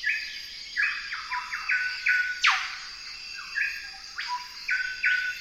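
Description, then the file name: Golden whistler song: clear whistled notes in short level phrases, broken by a loud down-slurred whip note midway, over a steady high insect hum. "Golden whistler bird singing"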